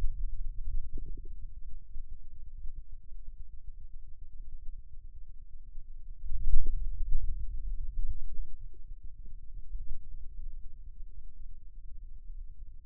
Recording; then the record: forearm muscle sounds (acoustic myography)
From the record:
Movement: radial deviation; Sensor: system 2, bracelet of six BSWA MPA416 microphones around the upper forearm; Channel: 6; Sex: male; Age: 22 years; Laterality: right